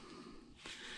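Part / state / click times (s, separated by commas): wire retaining clip into groove on moped front wheel assembly / not seated / none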